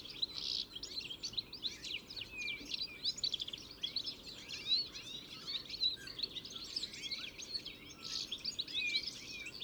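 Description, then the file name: European goldfinch twittering, busy high notes with brief buzzy bursts and a few clear whistled notes standing out. "Carduelis carduelis"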